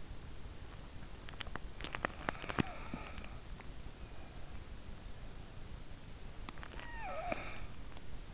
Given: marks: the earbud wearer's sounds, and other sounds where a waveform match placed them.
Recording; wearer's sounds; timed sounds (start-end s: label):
sounds in sleep by an in-ear microphone; teeth grinding, snoring breath
1.14-3.89 s: teeth grinding
6.06-8.34 s: snoring breath